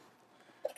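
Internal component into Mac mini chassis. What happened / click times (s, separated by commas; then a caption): An internal part snapped into its slot / 0.7 s. An internal component is pushed into its slot in a Mac mini chassis during reassembly. A sharp, short click at 0.7 s shows it seating, followed by a softer tap at 0.8 s, and the part is confirmed seated.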